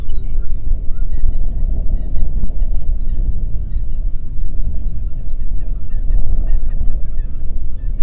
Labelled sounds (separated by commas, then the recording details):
waterfowl, wind
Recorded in the Prudhoe Bay oil fields, Alaska, on 8 June 2019 at 04:24
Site 30